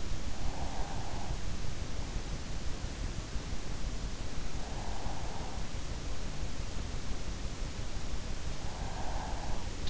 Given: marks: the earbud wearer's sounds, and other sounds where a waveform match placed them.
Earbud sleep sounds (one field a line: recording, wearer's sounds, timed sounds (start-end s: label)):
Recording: sounds in sleep by an in-ear microphone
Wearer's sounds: breath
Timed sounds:
0.00-1.71 s: breath
8.62-9.77 s: breath